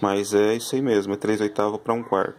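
A 3/8 to 1/4 inch metal socket adapter is being handled at the drive of a homemade ratchet wrench built from a bicycle freewheel, while someone talks throughout. Nothing has seated or clicked yet; the adapter is not yet home.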